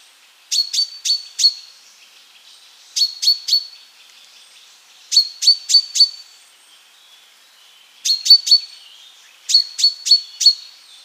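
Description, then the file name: Common chaffinch calls: short sharp chirps in five bursts of three or four, a few seconds apart, clear and high-pitched with nothing else heard. "Fringilla coelebs"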